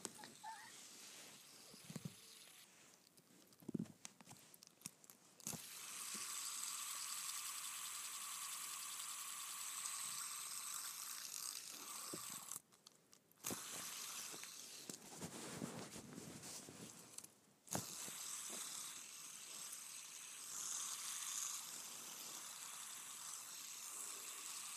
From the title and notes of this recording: ASMR Spinning a Fidget Spinner.